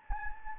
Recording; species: mosquito wingbeat signal from an infrared sensor; Anopheles gambiae